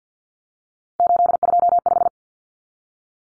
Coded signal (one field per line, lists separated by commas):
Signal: Morse code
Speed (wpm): 50 wpm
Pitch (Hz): 700 Hz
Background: none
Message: 825